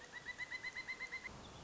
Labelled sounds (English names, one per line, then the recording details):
Pileated Woodpecker
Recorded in Sonoma County, California